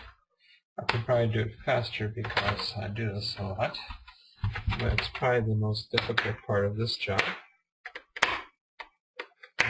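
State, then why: Released. Someone talks while prying the plastic screen bezel off a Dell Inspiron 1750 laptop display lid with fingertips. The snap-in plastic clips pop free with sharp snapping sounds at about 7.9, 8.2, 8.2, 9.2 and 9.6 seconds, releasing the bezel.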